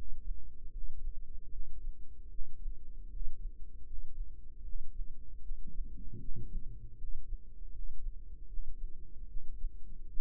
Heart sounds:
heart sounds by microphone in the right ear; 77 bpm
0.69 s: heartbeat
1.48 s: heartbeat
2.27 s: heartbeat
3.07 s: heartbeat
3.83 s: heartbeat
4.60 s: heartbeat
5.39 s: heartbeat
6.16 s: heartbeat
6.94 s: heartbeat
7.69 s: heartbeat
8.44 s: heartbeat
9.25 s: heartbeat
10.05 s: heartbeat
From the record:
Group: healthy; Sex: female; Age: 26 years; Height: 165 cm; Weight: 55 kg

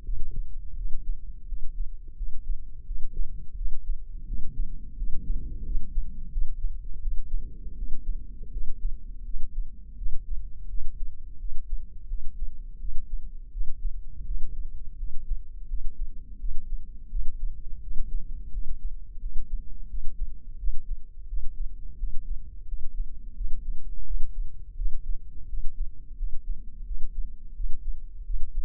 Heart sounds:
heart sounds by microphone in the left ear; 85 bpm
0.03 s: heartbeat
0.75 s: heartbeat
1.46 s: heartbeat
2.15 s: heartbeat
2.85 s: heartbeat
3.55 s: heartbeat
4.25 s: heartbeat
4.96 s: heartbeat
5.63 s: heartbeat
6.30 s: heartbeat
7.00 s: heartbeat
7.75 s: heartbeat
8.51 s: heartbeat
9.24 s: heartbeat
9.96 s: heartbeat
10.68 s: heartbeat
11.38 s: heartbeat
12.08 s: heartbeat
12.79 s: heartbeat
13.51 s: heartbeat
14.25 s: heartbeat
14.97 s: heartbeat
15.68 s: heartbeat
16.38 s: heartbeat
17.09 s: heartbeat
17.81 s: heartbeat
18.51 s: heartbeat
19.20 s: heartbeat
19.88 s: heartbeat
20.57 s: heartbeat
21.27 s: heartbeat
21.97 s: heartbeat
22.66 s: heartbeat
23.35 s: heartbeat
24.04 s: heartbeat
24.75 s: heartbeat
25.47 s: heartbeat
26.16 s: heartbeat
26.85 s: heartbeat
27.54 s: heartbeat
28.24 s: heartbeat
From the record:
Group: healthy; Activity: rest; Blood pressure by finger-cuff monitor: 161/87 mmHg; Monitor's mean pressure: 103 mmHg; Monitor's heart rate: 85 bpm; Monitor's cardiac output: 8.3 L/min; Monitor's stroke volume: 98 mL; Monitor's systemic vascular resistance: 930 dyn s/cm5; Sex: male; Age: 57 years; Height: 188 cm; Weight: 106 kg

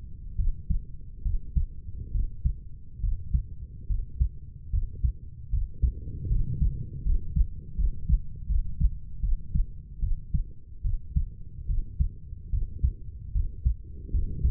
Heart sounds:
heart sounds by stethoscope; 74 bpm
0.37 s: heartbeat
1.23 s: heartbeat
2.12 s: heartbeat
3.01 s: heartbeat
3.88 s: heartbeat
4.71 s: heartbeat
5.50 s: heartbeat
6.29 s: heartbeat
7.03 s: heartbeat
7.76 s: heartbeat
8.47 s: heartbeat
9.21 s: heartbeat
10.00 s: heartbeat
10.82 s: heartbeat
11.67 s: heartbeat
12.51 s: heartbeat
13.33 s: heartbeat
14.12 s: heartbeat
From the record:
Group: healthy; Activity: rest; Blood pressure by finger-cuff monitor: 116/42 mmHg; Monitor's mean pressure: 68 mmHg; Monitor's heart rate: 73 bpm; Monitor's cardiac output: 10.4 L/min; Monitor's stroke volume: 139 mL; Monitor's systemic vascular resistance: 470 dyn s/cm5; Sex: female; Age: 32 years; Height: 168 cm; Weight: 61.9 kg

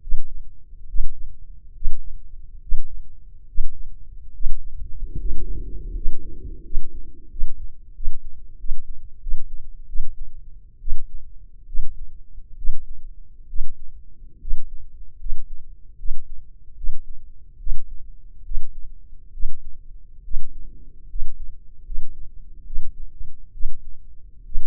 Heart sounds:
heart sounds by microphone in the left ear; 74 bpm
0.01 s: heartbeat
0.87 s: heartbeat
1.74 s: heartbeat
2.61 s: heartbeat
3.47 s: heartbeat
4.33 s: heartbeat
5.18 s: heartbeat
5.94 s: heartbeat
6.63 s: heartbeat
7.30 s: heartbeat
7.94 s: heartbeat
8.58 s: heartbeat
9.21 s: heartbeat
9.87 s: heartbeat
10.80 s: heartbeat
11.66 s: heartbeat
12.56 s: heartbeat
13.47 s: heartbeat
14.39 s: heartbeat
15.18 s: heartbeat
15.97 s: heartbeat
16.75 s: heartbeat
17.58 s: heartbeat
18.43 s: heartbeat
19.32 s: heartbeat
20.23 s: heartbeat
21.08 s: heartbeat
21.84 s: heartbeat
22.64 s: heartbeat
23.52 s: heartbeat
24.44 s: heartbeat
From the record:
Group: healthy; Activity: breath hold 0-3 s, rest 3-25 s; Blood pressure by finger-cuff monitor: 147/85 mmHg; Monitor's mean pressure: 103 mmHg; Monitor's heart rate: 70 bpm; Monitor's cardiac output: 6.3 L/min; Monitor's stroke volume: 84 mL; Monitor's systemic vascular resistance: 1240 dyn s/cm5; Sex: male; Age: 21 years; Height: 180 cm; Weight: 67.5 kg

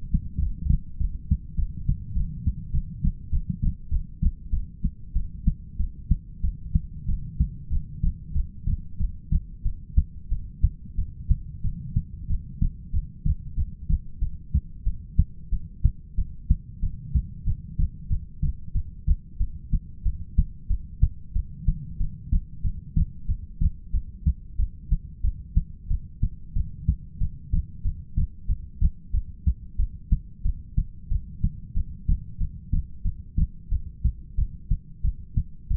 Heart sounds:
heart sounds by stethoscope; 93 bpm
0.40 s: heartbeat
0.98 s: heartbeat
1.56 s: heartbeat
2.14 s: heartbeat
2.72 s: heartbeat
3.31 s: heartbeat
3.90 s: heartbeat
4.51 s: heartbeat
5.14 s: heartbeat
5.78 s: heartbeat
6.42 s: heartbeat
7.07 s: heartbeat
7.71 s: heartbeat
8.34 s: heartbeat
8.99 s: heartbeat
9.64 s: heartbeat
10.30 s: heartbeat
10.97 s: heartbeat
11.63 s: heartbeat
12.29 s: heartbeat
12.92 s: heartbeat
13.56 s: heartbeat
14.21 s: heartbeat
14.85 s: heartbeat
15.51 s: heartbeat
16.17 s: heartbeat
16.82 s: heartbeat
17.46 s: heartbeat
18.10 s: heartbeat
18.74 s: heartbeat
19.39 s: heartbeat
20.05 s: heartbeat
20.69 s: heartbeat
21.35 s: heartbeat
21.99 s: heartbeat
22.64 s: heartbeat
23.28 s: heartbeat
23.93 s: heartbeat
24.58 s: heartbeat
25.23 s: heartbeat
25.90 s: heartbeat
26.55 s: heartbeat
27.20 s: heartbeat
27.84 s: heartbeat
28.48 s: heartbeat
29.13 s: heartbeat
29.78 s: heartbeat
30.44 s: heartbeat
31.11 s: heartbeat
31.76 s: heartbeat
32.40 s: heartbeat
33.04 s: heartbeat
33.71 s: heartbeat
34.37 s: heartbeat
35.04 s: heartbeat
35.70 s: heartbeat
From the record:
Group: heart failure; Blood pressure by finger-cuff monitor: 103/69 mmHg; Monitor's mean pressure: 82 mmHg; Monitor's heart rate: 93 bpm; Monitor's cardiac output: 7.7 L/min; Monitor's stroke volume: 82 mL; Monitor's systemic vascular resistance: 740 dyn s/cm5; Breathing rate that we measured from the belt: 13 breaths a minute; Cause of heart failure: ischemic heart disease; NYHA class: 1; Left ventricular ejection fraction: 38%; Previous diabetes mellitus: present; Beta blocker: bisoprolol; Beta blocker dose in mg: 15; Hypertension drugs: sacubitril-valsartan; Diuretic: furosemide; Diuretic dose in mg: 20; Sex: male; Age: 33 years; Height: 172 cm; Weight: 78.5 kg

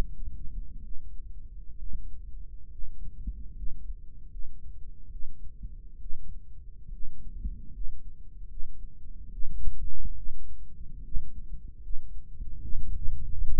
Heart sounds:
heart sounds by microphone in the right ear; 71 bpm
0.83 s: heartbeat
1.78 s: heartbeat
2.71 s: heartbeat
3.55 s: heartbeat
4.30 s: heartbeat
5.11 s: heartbeat
6.00 s: heartbeat
6.92 s: heartbeat
7.72 s: heartbeat
8.49 s: heartbeat
9.32 s: heartbeat
10.15 s: heartbeat
11.03 s: heartbeat
11.82 s: heartbeat
12.61 s: heartbeat
13.43 s: heartbeat
From the record:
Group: healthy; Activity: rest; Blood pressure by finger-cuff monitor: 108/55 mmHg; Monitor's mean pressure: 74 mmHg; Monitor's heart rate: 70 bpm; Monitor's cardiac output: 7.2 L/min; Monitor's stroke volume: 100 mL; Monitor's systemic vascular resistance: 760 dyn s/cm5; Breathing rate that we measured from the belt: 16 breaths a minute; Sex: female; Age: 22 years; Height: 160 cm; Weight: 63 kg

